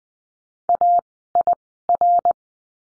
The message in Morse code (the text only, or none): AIR